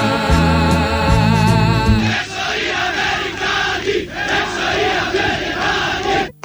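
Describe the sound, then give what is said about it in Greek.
A protest crowd at the Polytechnic in 1973 loudly chanting slogans in unison, including "Americans out", voices rising together in a sustained, pitched shout, then breaking into a dense roar of many voices with rhythmic pulses of cheering. “Φαντάζομαι σε αυτές τις φωνές που φώνασαν τότε έξω οι Αμερικάνοι θα είναι και κάποιοι που είναι σήμερα στο ΣΥΡΙΖΑ.”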